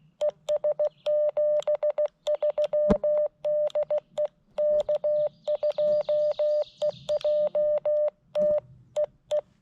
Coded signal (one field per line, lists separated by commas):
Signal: Morse code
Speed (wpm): 16 wpm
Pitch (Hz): 600 Hz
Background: none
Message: ES 73 DE K2EJT E E